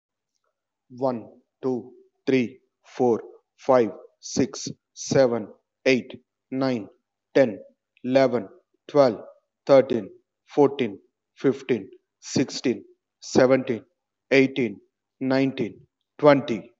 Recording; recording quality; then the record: counting at a normal pace; excellent, no background noise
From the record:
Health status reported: healthy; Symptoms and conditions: none ticked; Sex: male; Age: 34 years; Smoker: not ticked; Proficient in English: yes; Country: India